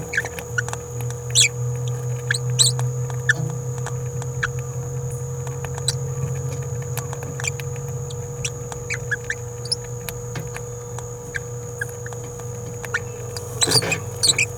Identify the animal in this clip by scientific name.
Forpus passerinus